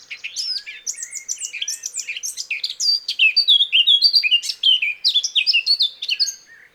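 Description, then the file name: Eurasian blackcap song, a continuous rapid warble of varied high chirps and slurred whistled notes that keeps going without a break. "Sylvia atricapilla"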